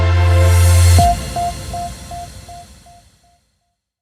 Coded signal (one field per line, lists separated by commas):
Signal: none